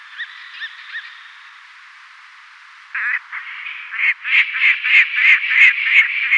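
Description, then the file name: Lanner falcon giving a harsh cackle: a few faint tonal notes at first, a quiet pause, then loud raspy kek notes in an intensifying series. "lanner falcon"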